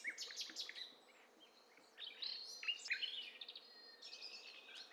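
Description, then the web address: Birds singing over one another, a dense mix of high chirps, trills and whistled notes overlapping in bursts. Overlapping mix of several birds, in stereo, from a bird cocktail party challenge test set. "Hi Fi STEREO BIRD COCKTAIL PARTY Challenge SBCP TESTSET HDBird Cocktail Party"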